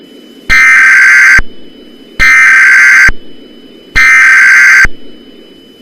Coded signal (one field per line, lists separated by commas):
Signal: Emergency Alert System (SAME) tones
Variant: header bursts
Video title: EAS Scenario | Eagle Mountain Archives | 1